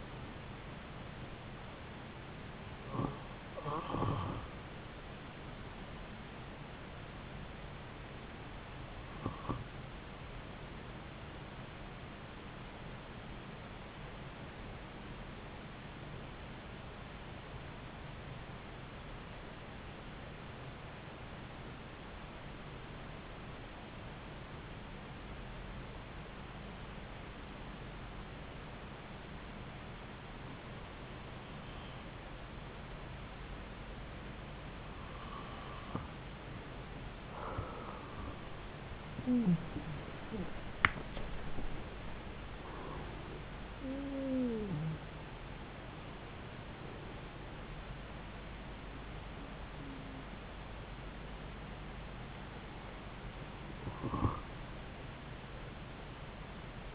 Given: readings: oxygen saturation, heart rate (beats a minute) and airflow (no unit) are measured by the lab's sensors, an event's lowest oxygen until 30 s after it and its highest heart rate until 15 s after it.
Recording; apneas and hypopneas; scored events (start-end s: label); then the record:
breathing in sleep by a voice recorder at the bedside; 1
18.00-39.90 s: hypopnea (N2, oxygen 95% highest, then 92% lowest)
52.00-56.95 s: new sleep stage, N1 (lightest sleep)
From the record:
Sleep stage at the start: N2 (light sleep); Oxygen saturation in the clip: 92 to 95%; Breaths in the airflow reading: 12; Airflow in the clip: -7.0 to 10.7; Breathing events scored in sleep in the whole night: 270 in 6.1 hours asleep